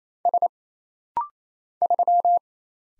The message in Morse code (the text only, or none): S 3